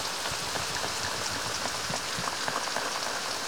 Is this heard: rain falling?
yes